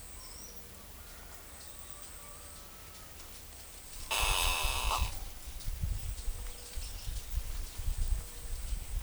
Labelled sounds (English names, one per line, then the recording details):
Smooth-billed Ani
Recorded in forest near Pivijay, Magdalena, Colombia, on 6 June 2023 at 09:00
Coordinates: 10.467, -74.380
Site Z5-G034